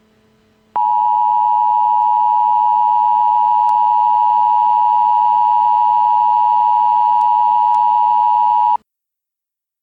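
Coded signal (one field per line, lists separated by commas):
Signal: Emergency Alert System (SAME) tones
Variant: 853 and 960 Hz attention tone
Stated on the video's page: Fictional EAS scenario.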